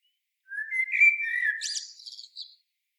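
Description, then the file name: Common blackbird singing one short phrase of rich fluty whistles, closed by a squeaky high twitter. "Turdus merula"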